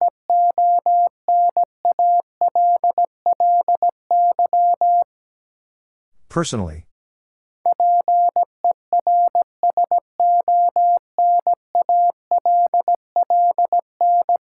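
A steady mid-pitched Morse code tone sends rapid dots and dashes, broken near six seconds by a brief burst of noise before resuming.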